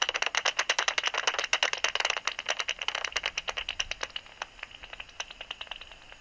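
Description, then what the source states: Bat calls start as rapid, evenly spaced clicks, then thin out after about four seconds into sparser, fainter ticks. Recorded 27 August 2002.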